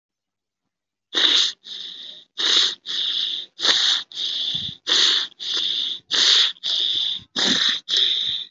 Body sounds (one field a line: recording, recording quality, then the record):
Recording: shallow breathing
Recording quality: excellent, no background noise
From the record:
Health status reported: COVID-19 positive, mild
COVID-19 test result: positive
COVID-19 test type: RT-PCR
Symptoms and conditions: cough, cold, fever, fatigue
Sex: male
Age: 47 years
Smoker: no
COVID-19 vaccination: both doses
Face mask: worn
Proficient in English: yes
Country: India